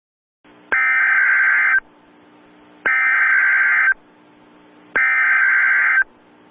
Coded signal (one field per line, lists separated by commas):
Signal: Emergency Alert System (SAME) tones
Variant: header bursts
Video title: EAS Halloween Special 2010 (EAS Comedy)